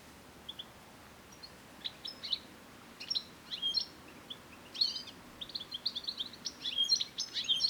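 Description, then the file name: European goldfinch giving sparse chirps at first, then increasingly rapid tinkling twitters and short trills toward the end. "Carduelis carduelis"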